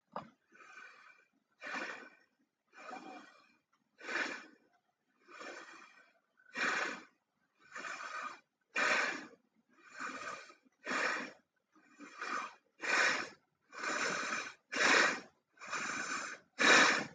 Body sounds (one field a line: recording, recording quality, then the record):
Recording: deep breathing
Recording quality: excellent, no background noise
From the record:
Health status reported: healthy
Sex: male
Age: 47 years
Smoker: no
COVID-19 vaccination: both doses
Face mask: not worn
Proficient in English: yes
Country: India